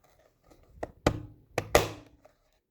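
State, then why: Seated. A new plastic-housed USB data port module for a Kia Sportage is pressed into its opening in the front console tray until both side clips snap in. Sharp plastic clicks are heard at 1.1 s and 1.8 s, with a few fainter taps around them. The module is seated, with both sides secure.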